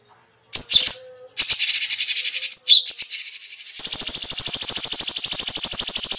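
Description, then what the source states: Cucak cungkok song: brief high whistled notes, then a long, very fast buzzy trill that grows steadier and louder in the second half. Special song bursts, called "tembakan istimewa".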